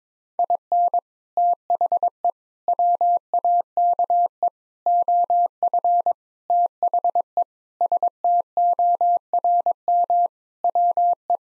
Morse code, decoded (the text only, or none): IN THE WAKE OF THE STORM WE